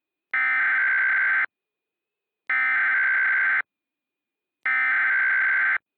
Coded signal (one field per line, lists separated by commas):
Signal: Emergency Alert System (SAME) tones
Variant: header bursts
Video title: EAS Mini Mock #33: The 2031 Constitution Incident